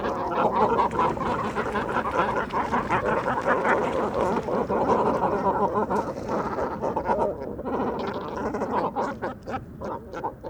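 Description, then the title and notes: Great cormorants fill the soundscape with loud, dense, throaty croaking and grunting from many birds, easing slightly near the end. Evening roost of many birds on fishermen's posts at the shore of Vaccarès, Camargue, 4 January 2020; incessant conflicts over limited space until nightfall; distant car murmur; Mixp3 recorder, MKH40 microphone. "Dortoir de Grands cormorans. 04 janvier 2020-Bord du Vaccarès - Camargue"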